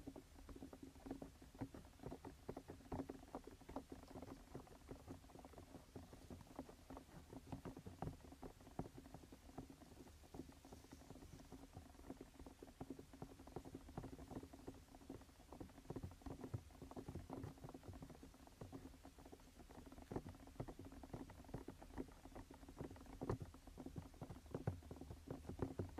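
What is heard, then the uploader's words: A rain stick pours out a dense, steady patter of tiny clicks and ticks for the whole stretch, never pausing or building. The sound is crisp, with a faint low hum and soft rumble sitting underneath throughout. Rain stick.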